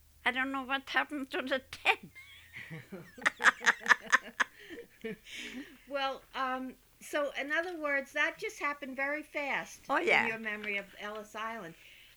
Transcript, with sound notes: I don't know what happened to the '10. (they laugh)
Well, so in other words, that just happened very fast...
Oh, yeah.
...in your memory of Ellis Island.